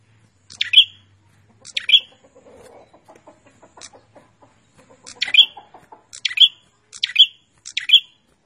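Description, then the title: Prinia song of loud, sharp high chip notes at uneven intervals, with soft lower twittering between some of them. Prenjak song used as a master recording for training cage birds; described as gacor (singing vigorously). "Suara Burung Prenjak Gacor Mantul untuk Masteran"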